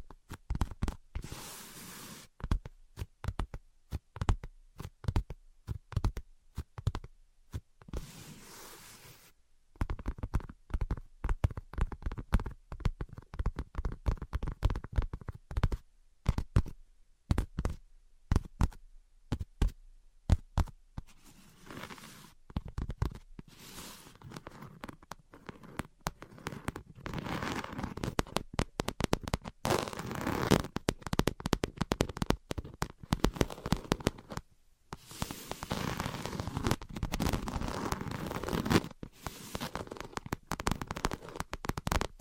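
Tapping and scratching come in dense, irregular bursts of sharp clicks, with brief pauses near ten and thirty-five seconds and rougher scraping later.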